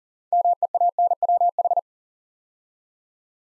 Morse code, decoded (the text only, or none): MEANWH